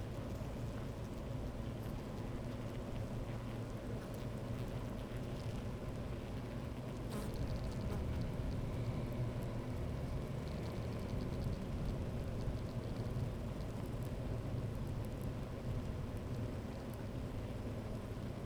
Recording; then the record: honeybee colony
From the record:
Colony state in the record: active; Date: 28 July 2017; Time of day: 12:28